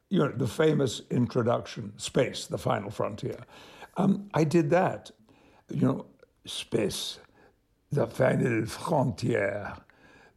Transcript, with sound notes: You know, the famous introduction - space, the final frontier - I did that. You know (imitating French accent) space, the final frontier.